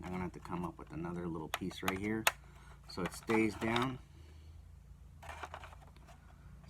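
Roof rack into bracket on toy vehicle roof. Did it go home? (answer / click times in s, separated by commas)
yes / 5.5 s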